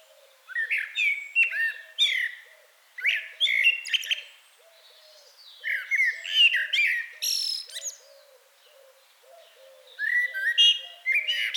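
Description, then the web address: Common blackbird song, fluty warbled phrases in bursts with squeaky high endings, over a steady series of low soft repeated notes throughout. "SETE Turdus merula"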